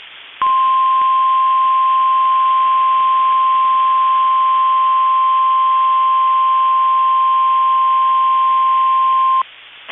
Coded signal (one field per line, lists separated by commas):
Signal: Emergency Alert System (SAME) tones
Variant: 1050 Hz attention tone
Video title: EAS Tornado Warning Northeastern Rice and Dakota County Minnesota NOAA Weather Radio KEC65